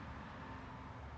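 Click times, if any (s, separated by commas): none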